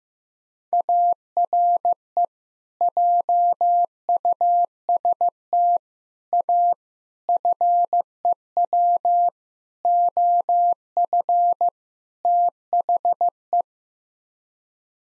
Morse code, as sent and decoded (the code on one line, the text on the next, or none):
.- .-. . / .--- ..- ... - / .- / ..-. . .-- / --- ..-. / - .... .
ARE JUST A FEW OF THE